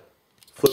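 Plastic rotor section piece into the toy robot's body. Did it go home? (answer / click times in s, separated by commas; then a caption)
yes / 0.7 s. A plastic rotor section on a toy robot is flipped, and a small plastic piece locks into place in the robot's body with a sharp click at 0.7 s. A faint tick comes just before it, around 0.4 s. The piece is seated.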